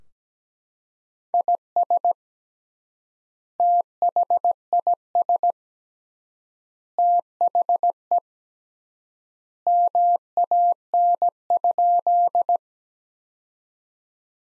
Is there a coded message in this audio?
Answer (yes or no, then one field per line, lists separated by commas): yes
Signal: Morse code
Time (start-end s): 1.3-12.6 s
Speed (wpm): 17 wpm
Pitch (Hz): 700 Hz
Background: none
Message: IS THIS THE MAN?